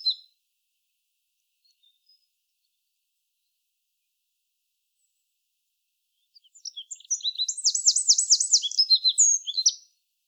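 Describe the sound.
Eurasian wren singing after about six seconds of near silence, a burst of shrill, rapid notes and a dry trill running for a few seconds.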